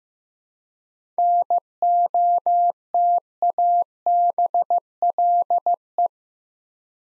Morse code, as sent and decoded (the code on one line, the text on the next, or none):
-. --- - .- -... .-.. .
NOTABLE